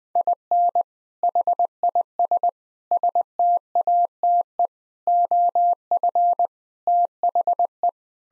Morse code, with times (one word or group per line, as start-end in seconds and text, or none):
0.2-0.8 IN
1.2-2.5 HIS
2.9-4.7 STATE
5.1-6.5 OF
6.9-7.9 THE